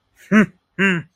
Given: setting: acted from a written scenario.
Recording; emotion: vocal sound without words; pride